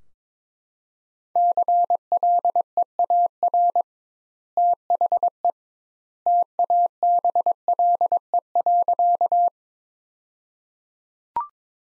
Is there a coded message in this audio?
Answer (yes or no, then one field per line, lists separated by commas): yes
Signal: Morse code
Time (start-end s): 1.4-9.5 s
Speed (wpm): 22 wpm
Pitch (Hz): 700 Hz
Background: none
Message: CLEAR THE TABLE.